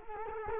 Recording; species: mosquito wingbeat signal from an infrared sensor; Culex quinquefasciatus